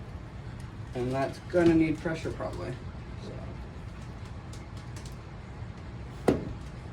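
Someone talks, then a plastic retaining clip is pressed with some force into a PC cooler or fan mount. After a quiet stretch, a single sharp click at 6.3 s shows the clip has snapped in and seated.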